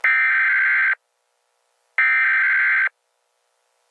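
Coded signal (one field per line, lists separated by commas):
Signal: Emergency Alert System (SAME) tones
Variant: header bursts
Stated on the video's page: Simulated EAS scenario.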